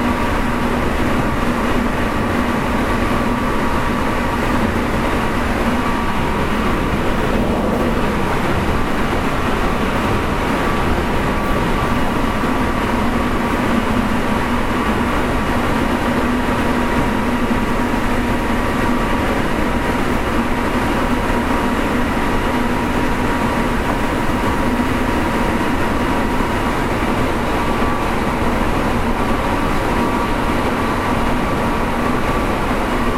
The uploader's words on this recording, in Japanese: 近畿日本鉄道７０００系電車の走行音です。大阪市営地下鉄中央線への直通列車で録音しました。区間は、生駒から谷町４丁目までです。